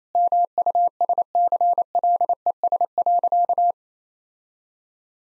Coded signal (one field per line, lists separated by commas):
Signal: Morse code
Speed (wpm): 27 wpm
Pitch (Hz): 700 Hz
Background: none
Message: MUSCLES.